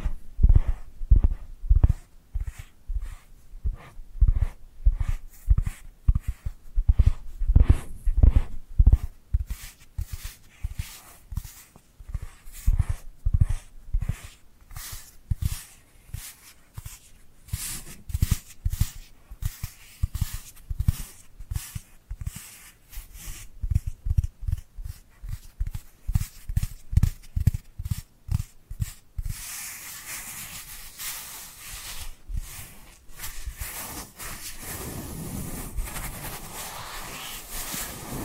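Dry hand sounds: a long run of quick pats and taps, each with a soft low thump, coming in a busy, uneven rhythm for nearly thirty seconds. Near the end the tapping gives way to a steady, hissy rubbing of skin that lasts to the finish.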